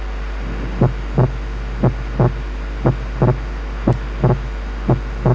Normal inspiratory splitting of the second heart sound. The second sound became single on expiration.